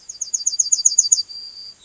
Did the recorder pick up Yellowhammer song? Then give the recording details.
yes. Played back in grassland. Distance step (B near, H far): C. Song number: 162